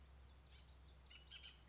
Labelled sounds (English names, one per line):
Bullock's Oriole